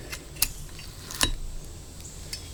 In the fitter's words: if you notice there it locks into place